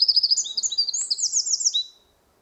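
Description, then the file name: Eurasian wren song fragment: high, hurried notes and short trills tumbling for about two seconds, then fading to silence. "Troglodytes troglodytes"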